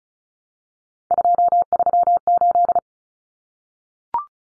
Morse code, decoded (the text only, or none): 238